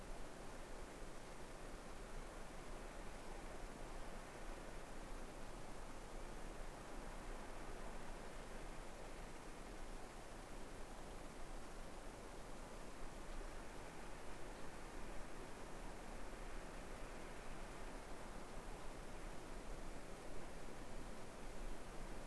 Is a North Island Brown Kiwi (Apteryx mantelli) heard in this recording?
no